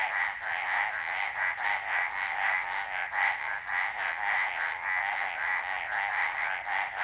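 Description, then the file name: Mountain treefrog giving a continuous rapid series of short, nasal clicking notes, several each second, without a break. "Hyla eximia"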